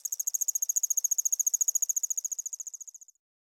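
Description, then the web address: Allard's ground cricket singing a steady high trill of distinct pulses, fading and stopping after about three seconds. "Crickets and Katydids. Allard's Ground Cricket, Allonemobius allardi"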